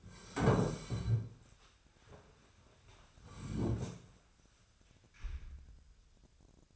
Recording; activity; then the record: daily activity, microphone in the room; sit down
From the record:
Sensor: 2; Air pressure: 1015.1 hPa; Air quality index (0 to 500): 138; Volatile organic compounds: 5 ppm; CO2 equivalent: 1777 ppm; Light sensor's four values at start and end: 12/33/13/15 and 12/34/13/15